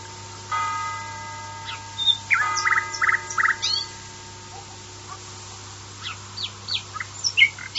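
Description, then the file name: Common nightingale song: a steady tonal note, then buzzy rattling bursts, followed by scattered sharp chirps. "usignolo"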